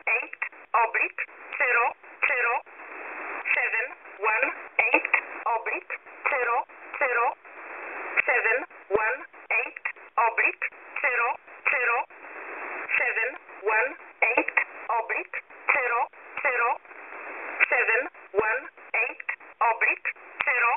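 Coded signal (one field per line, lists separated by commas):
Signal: numbers station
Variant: E11 Oblique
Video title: E11 Oblique 23/08/2023 0845 UTC 12815kHz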